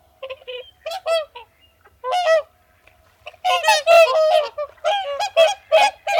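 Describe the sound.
Whooper swan calls, loud bugling honks in short bursts, then a denser, louder run of calls.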